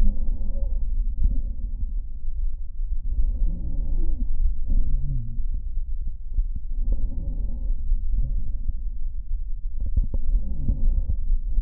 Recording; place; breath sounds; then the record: lung sounds by stethoscope; left posterior upper chest; expiratory wheeze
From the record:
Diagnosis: asthma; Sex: female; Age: 59 years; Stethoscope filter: diaphragm mode, 100 to 500 Hz